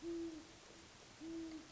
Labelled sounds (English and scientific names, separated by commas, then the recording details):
Great Horned Owl (Bubo virginianus)
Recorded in Sonoma County, California